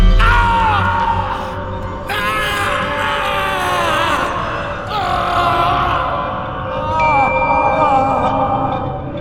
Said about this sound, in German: Kaum hatte Ramon Pavlovich den Hörer aufgelegt, hörte er wieder den Schrei. Jene ohrenbetäubende Mischung aus Schmerz, Überraschung und Wut hatte ihn all die Jahre hindurch verfolgt.